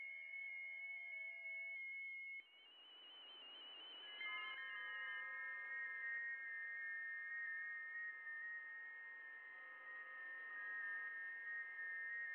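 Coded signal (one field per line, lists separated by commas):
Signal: FT8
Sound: several overlapping steady warbling tones stepping slowly in pitch, over soft hiss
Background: radio static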